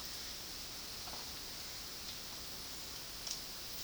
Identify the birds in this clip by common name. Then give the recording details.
none. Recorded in dense forest near Puerto Asís, Putumayo, Colombia, on 18 February 2024 at 12:00. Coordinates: 0.481, -76.318. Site G6421